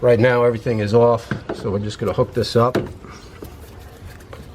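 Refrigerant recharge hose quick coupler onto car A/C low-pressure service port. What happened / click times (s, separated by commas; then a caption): The hose coupler is being handled but has not clicked on yet / none. Someone talks while holding the quick-connect coupler of an R134a refrigerant recharge hose with gauge, ready to hook it onto the metal low-side A/C service port of a Dodge Challenger R/T HEMI with everything switched off. After the talking stops, faint handling noises follow, including a brief tap near the end. The coupler has not yet seated or clicked onto the port.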